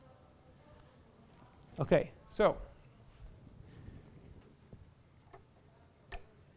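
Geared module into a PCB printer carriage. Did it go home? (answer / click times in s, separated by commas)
yes / 6.1 s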